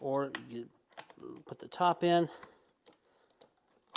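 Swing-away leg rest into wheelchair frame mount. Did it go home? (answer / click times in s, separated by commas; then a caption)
yes / 4.0 s. Someone talks while the top of a removable swing-away leg rest is put into the frame mount of a Hi-Fortune magnesium folding electric wheelchair and slid into place. A few faint taps follow, then a sharp click at 4.0 s as the leg rest locks into place.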